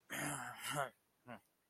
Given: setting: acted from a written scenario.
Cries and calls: vocal sound without words; anger

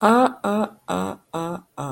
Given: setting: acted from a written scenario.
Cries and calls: vocal sound without words; realization

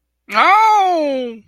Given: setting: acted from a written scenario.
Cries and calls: vocal sound without words; pain

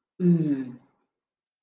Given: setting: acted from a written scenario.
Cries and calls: vocal sound without words; serenity

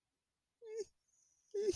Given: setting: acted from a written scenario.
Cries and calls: vocal sound without words; pain

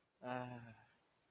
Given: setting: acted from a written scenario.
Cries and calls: vocal sound without words; romantic love

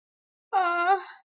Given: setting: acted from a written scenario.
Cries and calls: vocal sound without words; pain

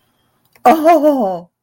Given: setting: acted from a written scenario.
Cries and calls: vocal sound without words; negative surprise

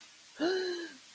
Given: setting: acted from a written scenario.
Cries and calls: vocal sound without words; desire

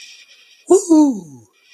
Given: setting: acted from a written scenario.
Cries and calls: vocal sound without words; elation

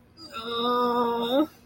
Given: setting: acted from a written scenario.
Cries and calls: vocal sound without words; embarrassment

